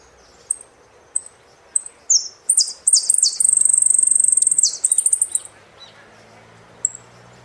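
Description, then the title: Saffron finch: a few spaced high chips lead into a sustained buzzy trilled song stretch lasting several seconds, then one last chip. "Jilguero Argentino"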